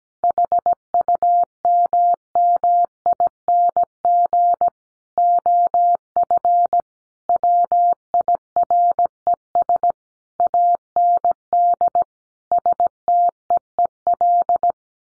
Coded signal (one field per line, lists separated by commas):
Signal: Morse code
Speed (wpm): 17 wpm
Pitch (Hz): 700 Hz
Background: none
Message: HUMMING OF WIRES AND STEEL